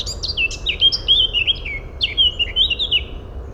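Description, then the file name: Eurasian blackcap song: a chattering lead-in that turns into a flowing string of clear, mellow whistles sliding down and up, sung twice in close succession. "Sylvia atricapilla"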